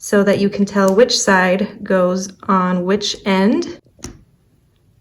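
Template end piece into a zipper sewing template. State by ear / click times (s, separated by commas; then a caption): seated / 4.0 s. Someone talks for the first four seconds while a labeled left or right end piece is fitted onto an interchangeable plastic zipper sewing template. At 4.0 s a short, sharp click is heard as the end piece snaps in place, followed by a faint tick and quiet. The end piece is seated.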